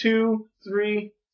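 The bottom airflow control ring on the base of a Uwell Crown sub-ohm vape tank is being rotated through its detent positions by hand while someone talks, counting the positions aloud. Two spoken counts fill the clip and no distinct click is heard. The clip ends before the ring reaches its next position, so nothing has clicked into place yet.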